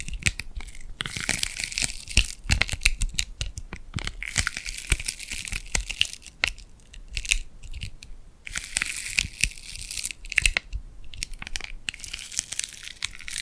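Tingly glued hand sounds: sticky peeling and crackling as hands pull apart, in dense bursts of bright, crisp crinkles. Sharp snaps and clicks land every fraction of a second throughout, with brief quieter gaps around the fourth, seventh and eleventh seconds.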